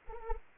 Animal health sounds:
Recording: mosquito wingbeat signal from an infrared sensor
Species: Anopheles arabiensis

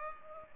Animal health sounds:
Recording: mosquito wingbeat signal from an infrared sensor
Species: Culex pipiens

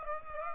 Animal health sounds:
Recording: mosquito wingbeat signal from an infrared sensor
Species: Aedes aegypti

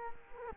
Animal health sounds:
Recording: mosquito wingbeat signal from an infrared sensor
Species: Culex quinquefasciatus

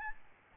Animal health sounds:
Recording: mosquito wingbeat signal from an infrared sensor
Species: Aedes albopictus

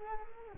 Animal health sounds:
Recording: mosquito wingbeat signal from an infrared sensor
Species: Culex quinquefasciatus

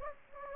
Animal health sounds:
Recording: mosquito wingbeat signal from an infrared sensor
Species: Anopheles gambiae

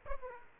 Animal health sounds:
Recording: mosquito wingbeat signal from an infrared sensor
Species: Aedes aegypti

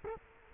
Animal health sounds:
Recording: mosquito wingbeat signal from an infrared sensor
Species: Culex quinquefasciatus

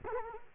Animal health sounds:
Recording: mosquito wingbeat signal from an infrared sensor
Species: Culex quinquefasciatus

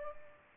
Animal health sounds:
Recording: mosquito wingbeat signal from an infrared sensor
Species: Culex pipiens

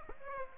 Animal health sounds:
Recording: mosquito wingbeat signal from an infrared sensor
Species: Aedes aegypti

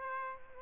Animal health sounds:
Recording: mosquito wingbeat signal from an infrared sensor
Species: Aedes albopictus

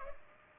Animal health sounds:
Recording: mosquito wingbeat signal from an infrared sensor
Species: Culex pipiens

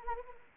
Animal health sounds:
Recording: mosquito wingbeat signal from an infrared sensor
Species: Anopheles arabiensis

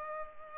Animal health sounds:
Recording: mosquito wingbeat signal from an infrared sensor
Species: Culex pipiens

